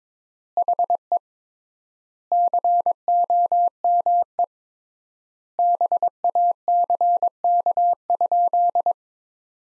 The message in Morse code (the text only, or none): HE COME BACK?